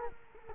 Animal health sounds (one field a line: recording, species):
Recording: mosquito wingbeat signal from an infrared sensor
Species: Culex quinquefasciatus